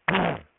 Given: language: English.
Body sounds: throat vibration sensor signal played as sound; throat clearing

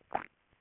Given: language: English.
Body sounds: throat vibration sensor signal played as sound; swallow

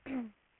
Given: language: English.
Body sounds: throat vibration sensor signal played as sound; throat clearing

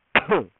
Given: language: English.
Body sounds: throat vibration sensor signal played as sound; cough

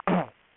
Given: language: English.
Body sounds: throat vibration sensor signal played as sound; throat clearing

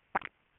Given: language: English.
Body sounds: throat vibration sensor signal played as sound; swallow

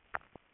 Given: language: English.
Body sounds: throat vibration sensor signal played as sound; swallow

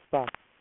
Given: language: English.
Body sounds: throat vibration sensor signal played as sound; speech

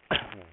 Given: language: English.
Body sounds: throat vibration sensor signal played as sound; speech

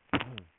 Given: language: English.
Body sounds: throat vibration sensor signal played as sound; cough

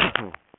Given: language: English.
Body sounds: throat vibration sensor signal played as sound; cough

